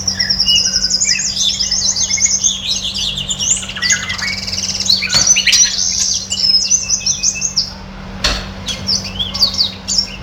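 Red siskin delivering a dense, buzzy twitter of high chips and trills, fading near the end to sparse chirps, with a low hum throughout.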